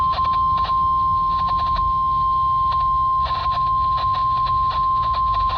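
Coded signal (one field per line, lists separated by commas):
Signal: Emergency Alert System (SAME) tones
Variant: 1050 Hz attention tone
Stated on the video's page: NOAA weather radio transmitter on 162.525 MHz, received on a RadioShack 12-254 weather radio.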